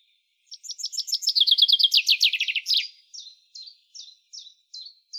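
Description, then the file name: Common chaffinch song: a bright descending series of rapid notes ending in a flourish, then a row of sharp, evenly spaced single notes. "Fringilla coelebs"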